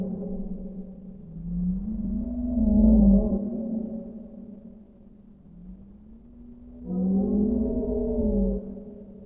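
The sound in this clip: Whale moans, deep and tonal, one rising and falling phrase, then a softer glide and a bright harmonic-laden moan near the end.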